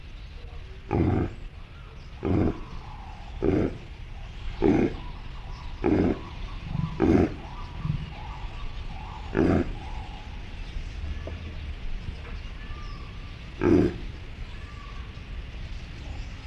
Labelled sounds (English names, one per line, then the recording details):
Reindeer call
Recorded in captivity
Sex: female
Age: subadult
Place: Tierpark Berlin, Berlin, DE
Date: 1965-08-16 18:00
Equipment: Uher 4000 Report-S, Transistorverstärker, Sennheiser MD 421
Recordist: Tembrock, Günter